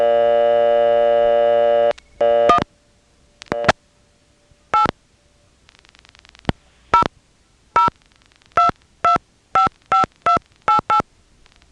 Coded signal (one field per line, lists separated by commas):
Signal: DTMF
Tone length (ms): 120 ms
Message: 1 8 002255288